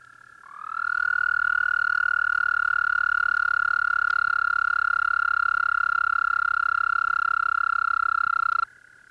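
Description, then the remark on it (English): A single long, steady trill of a common toad in the shallows holds one bright mid-high pitch for about eight seconds, starting abruptly and cutting off cleanly, with a faint low hum underneath and no voices. “The more melodious trills of the common toads start up from the shallows.”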